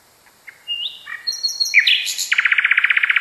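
Nightingale song: a few soft rising notes, then quick varied whistles climbing higher, ending in a loud rapid trill.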